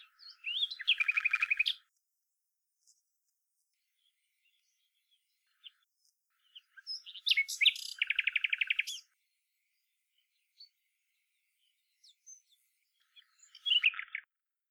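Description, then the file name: Common nightingale singing three separate phrases, each a fast rattling trill of repeated notes, with quiet gaps and a few soft scattered notes in between. "Luscinia megarhynchos"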